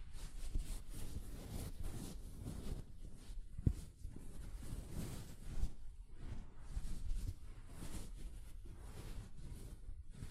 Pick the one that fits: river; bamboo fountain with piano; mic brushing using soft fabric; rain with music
mic brushing using soft fabric